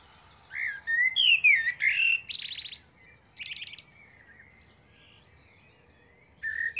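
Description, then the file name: Common blackbird song: a rich fluty warbled phrase that climbs into a run of high, buzzy twittering. It falls quiet, then a fresh note starts near the end. "Turdus merula"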